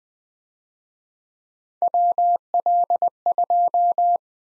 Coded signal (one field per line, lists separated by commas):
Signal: Morse code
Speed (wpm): 23 wpm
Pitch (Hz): 700 Hz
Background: none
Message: WL2